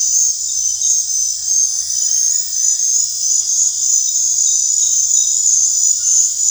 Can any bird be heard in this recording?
no